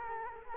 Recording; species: mosquito wingbeat signal from an infrared sensor; Culex quinquefasciatus